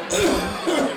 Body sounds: coughing mixed with background sound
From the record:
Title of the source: Residual Phlegmy Morning Coughing and Gagging

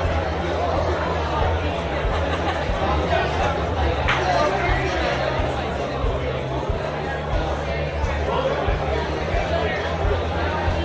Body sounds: background sound without coughing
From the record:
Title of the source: CITY SOUNDS Busy Bar in the Evening Night - 2 HOURS of Ambiance for Relaxation

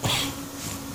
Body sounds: coughing mixed with background sound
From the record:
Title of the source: Spring Allergy Coughing

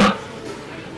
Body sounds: coughing mixed with background sound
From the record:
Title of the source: Barking cough - # 10

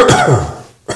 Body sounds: coughing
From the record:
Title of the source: Mid-morning Winter Coughing Fit

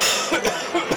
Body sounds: coughing mixed with background sound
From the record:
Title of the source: Dry Afternoon Cough

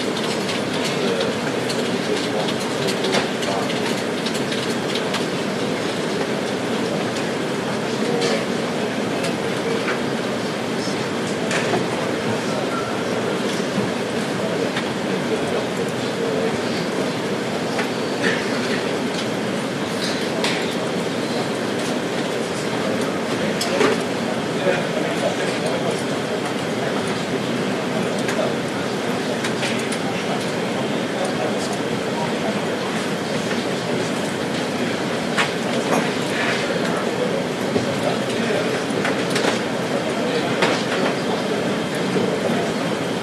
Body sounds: background sound without coughing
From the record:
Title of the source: Office Sounds Ambience - Background Noise for Study and Work

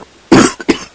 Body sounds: coughing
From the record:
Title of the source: 30 Chesty and wet cough

